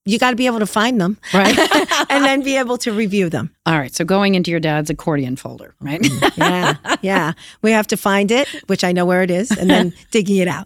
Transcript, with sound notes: You got to be able to find them and then be able to review them. All right, so going into your dad's accordion folder. [LAUGHTER] Yeah, we have to find it, which I know where it is, and then digging it out.